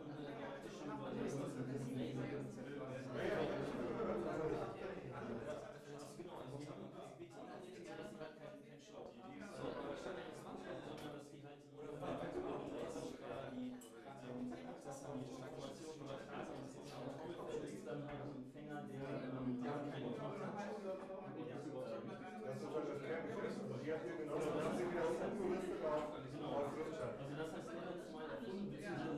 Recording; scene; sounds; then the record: everyday scene through a hearing-aid microphone; many people talking; many voices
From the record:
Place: bistro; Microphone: behind the ear, left, rear